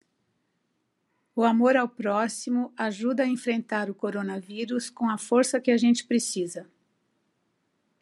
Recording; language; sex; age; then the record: spoken sentence; Brazilian Portuguese; female; 60 to 69 years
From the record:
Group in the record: control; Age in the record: 65 years